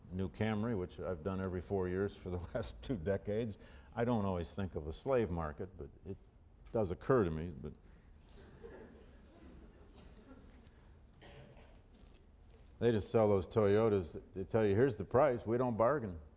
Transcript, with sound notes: new Camry, which I’ve done every four years for the last two decades, I don’t always think of a slave market but it does occur to me that —. [laughter] They just sell those Toyotas, they tell you, “Here’s the price, we don’t bargain.”